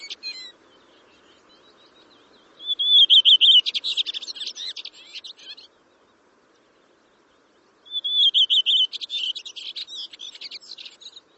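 Bird song, two high bursts several seconds apart, each opening with a quick whistled trill and breaking into rapid buzzy, chattering notes, over quiet background.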